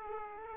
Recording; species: mosquito wingbeat signal from an infrared sensor; Aedes aegypti